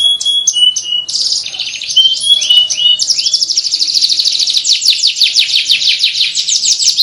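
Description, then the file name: Canary song, varied whistled phrases leading into long fast trills and rolling chattering runs, continuous and loud, with a faint steady high tone behind. Training song for canaries, with one-minute pauses. "kenari-gambate-jeda-1-menit"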